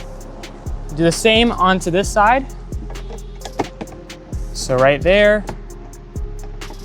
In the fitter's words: This one's very loose, actually. It doesn't even snap into place, but that one goes there.